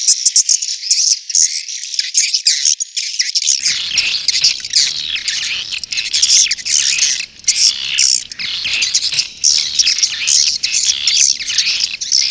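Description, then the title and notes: Swiftlet twittering, loud dense high chirps and trills throughout, joined partway by a low background rumble. Asia; sound used in swiftlet farming to attract the birds. "Swiflet Bird Sound. Farming Swiflet Bird asia sound"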